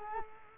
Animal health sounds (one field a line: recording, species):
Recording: mosquito wingbeat signal from an infrared sensor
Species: Culex quinquefasciatus